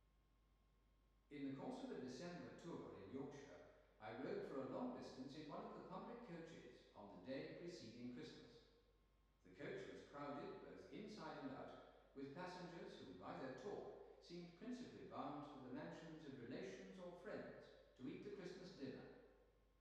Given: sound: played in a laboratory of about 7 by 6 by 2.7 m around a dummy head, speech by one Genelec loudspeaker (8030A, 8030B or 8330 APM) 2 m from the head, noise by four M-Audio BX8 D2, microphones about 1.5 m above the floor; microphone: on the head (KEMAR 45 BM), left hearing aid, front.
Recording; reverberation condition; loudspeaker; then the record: male speech in English; high; 150 degrees to the right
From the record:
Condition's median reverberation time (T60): about 1300 ms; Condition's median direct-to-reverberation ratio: about -4.0 dB